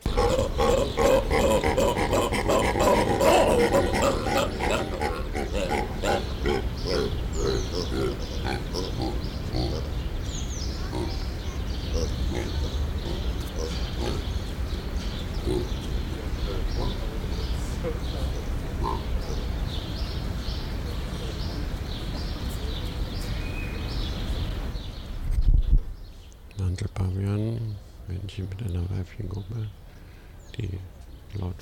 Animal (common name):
Hamadryas Baboon